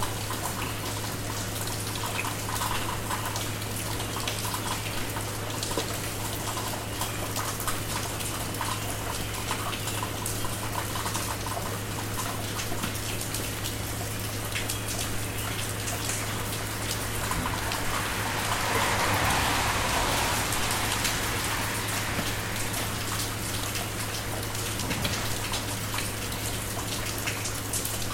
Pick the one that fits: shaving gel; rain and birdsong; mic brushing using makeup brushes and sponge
rain and birdsong